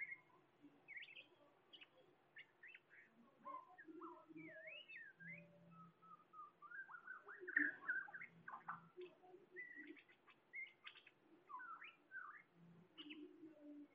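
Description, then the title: Bird song, varied chirps and wavering whistles in quick succession, with a louder burst of notes midway and a faint low hum. "SuaraBurung Kicau"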